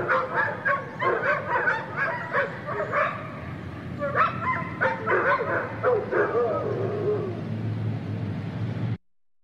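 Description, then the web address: Dogs barking, many short overlapping barks and yips from several dogs in quick bursts, ending abruptly near nine seconds. Inside a dog boarding house. "dog boarding house. صدای-فضای-داخلی-پانسیون-سگها"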